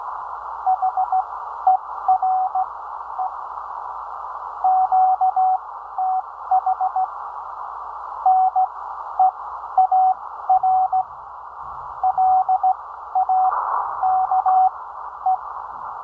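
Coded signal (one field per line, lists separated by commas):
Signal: Morse code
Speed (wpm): 15 wpm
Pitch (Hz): 750 Hz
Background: none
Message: HERE QTH NEAR LAKE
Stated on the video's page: Amateur radio Morse contact on Memorial Day using a Ten-Tec 506 Rebel.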